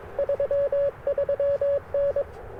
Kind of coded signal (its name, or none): Morse code